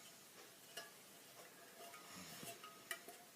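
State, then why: Seated. A small wire piece with a fitting on top is pushed into its mount on a model steam engine boiler. Quiet scraping and faint ticks build up to a sharp click at 2.9 s as it snaps into place and seats.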